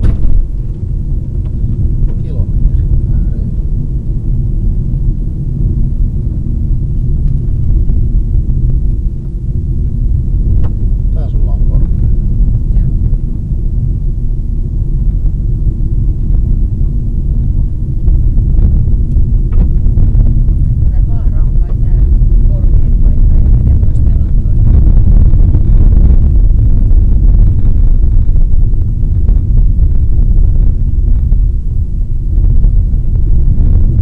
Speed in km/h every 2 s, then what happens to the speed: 52, 53, 55, 51, 51, 51, 53, 52, 51, 48, 47, 47, 45, 41, 40, 41, 44.
0-14 steady at about 52. 14-28 slows to 40.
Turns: none.